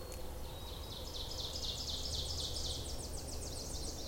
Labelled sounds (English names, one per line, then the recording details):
Ovenbird song
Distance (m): 60 m
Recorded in boreal forest in Alberta, Canada, on 26 May 2016 at 07:53
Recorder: SongMeter 3, array SBT-3-15
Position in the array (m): 53 m, 223 m
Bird 20